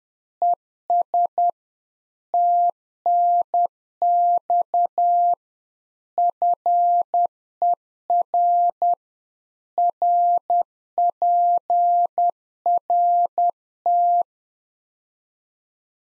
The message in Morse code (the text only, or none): ES TNX FER RPRT